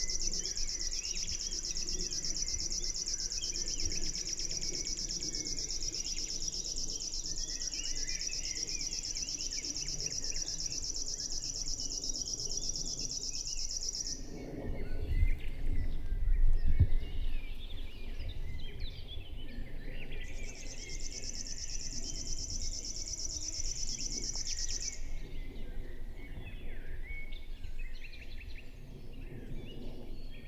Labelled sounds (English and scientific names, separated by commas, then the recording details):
River Warbler (Locustella fluviatilis) song
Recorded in the wild
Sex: male
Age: adult
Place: Schönow, Naturpark Barnim, Brandenburg, DE
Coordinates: 52.68, 13.5086
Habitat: wetland
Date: 2007-06-03 20:47
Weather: overcast, ca. 15°C, no wind
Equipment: Sound Devices 702, Sennheiser MKH 416 T, Windkorb
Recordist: Frommolt, Karl-Heinz